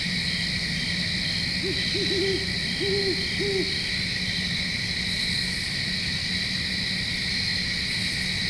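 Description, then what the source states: Owl giving a run of low, quavering hoots for about two seconds, then silence from the owl while crickets trill continuously in the background. In Flat Rock, with crickets calling in the background.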